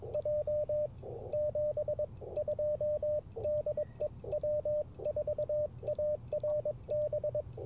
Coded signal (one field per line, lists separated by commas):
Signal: Morse code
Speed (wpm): 21 wpm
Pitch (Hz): 590 Hz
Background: radio noise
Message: J 72 DE W4ARB